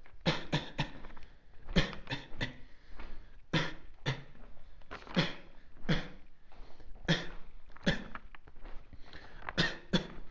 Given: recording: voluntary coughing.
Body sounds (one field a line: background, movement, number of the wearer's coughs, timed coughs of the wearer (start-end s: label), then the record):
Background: quiet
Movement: walking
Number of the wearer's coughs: 14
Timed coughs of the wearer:
0.24-0.51 s: cough
0.51-0.77 s: cough
0.77-1.07 s: cough
1.73-2.03 s: cough
2.03-2.37 s: cough
2.40-2.72 s: cough
3.51-3.82 s: cough
4.05-4.50 s: cough
5.14-5.47 s: cough
5.86-6.22 s: cough
7.06-7.45 s: cough
7.84-8.15 s: cough
9.55-9.81 s: cough
9.91-10.23 s: cough
From the record:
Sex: male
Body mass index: 23.7 kg/m2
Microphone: on the chest, facing outward